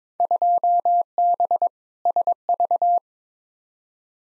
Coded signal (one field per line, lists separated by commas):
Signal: Morse code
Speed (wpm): 22 wpm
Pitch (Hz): 700 Hz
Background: none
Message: 2B SV